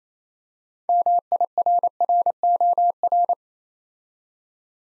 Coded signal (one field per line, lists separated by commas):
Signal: Morse code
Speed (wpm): 29 wpm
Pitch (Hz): 700 Hz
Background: none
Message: MIRROR